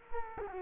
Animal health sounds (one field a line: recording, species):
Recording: mosquito wingbeat signal from an infrared sensor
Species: Culex quinquefasciatus